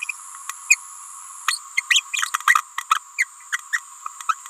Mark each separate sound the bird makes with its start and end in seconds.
0.01-0.05, 0.69-0.76, 1.47-1.59, 1.76-1.81, 1.90-2.02, 2.13-2.31, 2.47-2.55, 2.90-2.99, 3.18-3.25, 3.72-3.81, 4.29-4.34